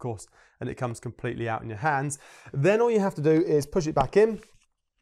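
Someone talks while handling the visor of a Shark Race-R Pro Carbon motorcycle helmet, which has come completely off and is about to be pushed back onto its side pivot mechanism. The visor has not yet seated or locked into place.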